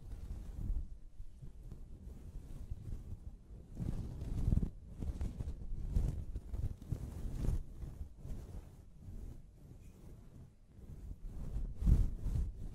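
A scalp massage during a hair wash, heard as continuous muffled rubbing and scrubbing with a deep, rumbling body. The motion swells and eases irregularly, with brief crisp crackles scattered throughout and a sharper, louder burst near the twelve-second mark.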